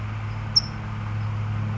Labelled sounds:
California Towhee
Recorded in Sonoma County, California

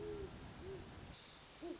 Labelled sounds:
Great Horned Owl
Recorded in Sonoma County, California

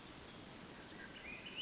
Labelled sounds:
Western Flycatcher
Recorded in Sonoma County, California

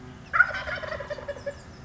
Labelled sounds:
Wild Turkey
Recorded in Sonoma County, California

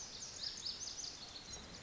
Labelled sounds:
Lazuli Bunting
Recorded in Sonoma County, California

